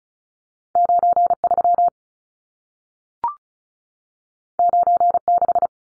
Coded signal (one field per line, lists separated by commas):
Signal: Morse code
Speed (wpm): 36 wpm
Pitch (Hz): 700 Hz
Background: none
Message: 93 96